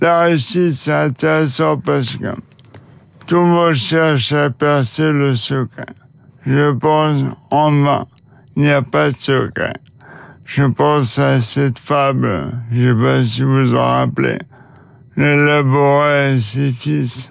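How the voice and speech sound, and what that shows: Adult man speaking French with dysarthria caused by Charcot disease (ALS), which progressively paralyses him and affects his speech and oral expression while his mind remains intact.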